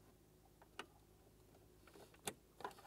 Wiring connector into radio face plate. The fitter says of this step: listen for a click give them a tug to make sure they're secure as you continue